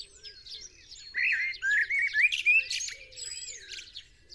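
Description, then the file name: Common blackbird song: a long rising warbled phrase with a bright squeaky end, over other birdsong and a soft low cooing repeated in the background. "Turdus merula"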